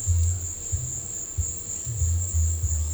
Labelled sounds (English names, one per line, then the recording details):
none
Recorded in pastures near Puerto Asís, Putumayo, Colombia, on 22 December 2024 at 15:00
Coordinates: 0.496, -76.326
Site G004